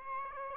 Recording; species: mosquito wingbeat signal from an infrared sensor; Aedes aegypti